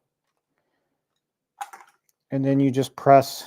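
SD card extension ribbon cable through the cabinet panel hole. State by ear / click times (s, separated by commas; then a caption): not seated / none. The ribbon cable of an SD card extension is fed through a hole in the cabinet panel before the part is pressed home. A few short, faint ticks occur around 1.6–1.8 s, followed by someone talking. Nothing has seated or clicked into place yet.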